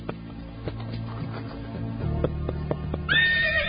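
A horse whinnies, ending in a shrill, wavering high-pitched neigh, with sharp clip-clop knocks and a low droning hum beneath it before the cry rises.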